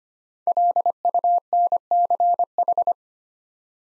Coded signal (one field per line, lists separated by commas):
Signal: Morse code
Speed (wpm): 25 wpm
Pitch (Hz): 700 Hz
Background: none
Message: LUNCH